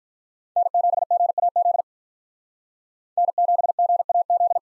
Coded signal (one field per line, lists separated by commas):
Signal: Morse code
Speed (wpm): 47 wpm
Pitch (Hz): 700 Hz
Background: none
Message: N7GAZ N7GAZ